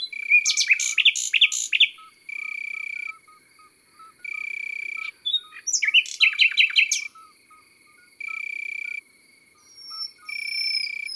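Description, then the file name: Common nightingale song: two bursts of rapid, varied chirping phrases with sharp descending notes, over steady cricket trills and soft repeated ticking notes. Heard in the countryside. "Rossignol philomele Chants doiseaux dans la campagne"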